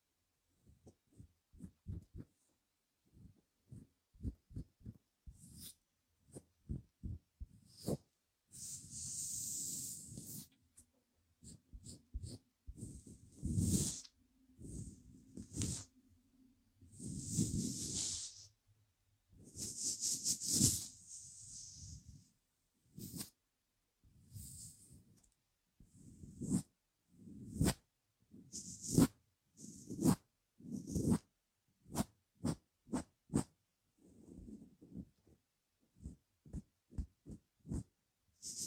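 Stroking sounds: soft, irregular thumps and pats mixed with longer rubbing strokes that carry a bright, hissing brush. The strokes come every second or so, with denser, swishier passes around 8–10, 17–21 and 31 seconds, against otherwise quiet gaps.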